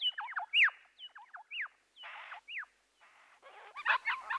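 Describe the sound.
Birds giving sharp downslurred whistles and scratchy noisy bursts, ending in a busy cluster of chirps.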